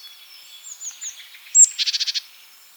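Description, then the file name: Great tit call: faint thin whistles, then one sharp high note followed by a quick buzzy rattle of several even notes. "Parus major"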